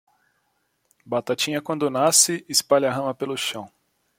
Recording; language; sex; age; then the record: short text; Brazilian Portuguese; male; 20 to 29 years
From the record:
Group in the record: control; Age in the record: 24 years